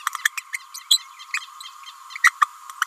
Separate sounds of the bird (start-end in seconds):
0.37-0.42, 0.52-0.58, 0.74-0.79, 0.90-0.99, 2.23-2.31